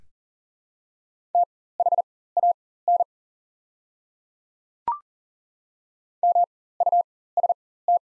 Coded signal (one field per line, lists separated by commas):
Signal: Morse code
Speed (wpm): 40 wpm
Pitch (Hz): 700 Hz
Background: none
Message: THAN MUST